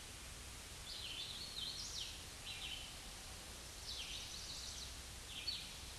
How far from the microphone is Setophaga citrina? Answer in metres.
about 45 m